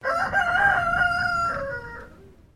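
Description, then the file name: Chicken: highliner Brown rooster crowing once, a loud harmonic cock-a-doodle-doo lasting about two seconds, held steady then fading out at the end. Highliner Brown breed rooster crowing. "BIRD ROOSTER HIGHLINER BROWN CROW"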